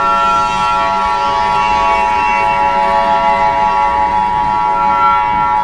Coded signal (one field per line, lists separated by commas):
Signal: Emergency Alert System (SAME) tones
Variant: 853 and 960 Hz attention tone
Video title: EAS scenario #59: Zombie Werewolves Part 2: Demonic Werewolves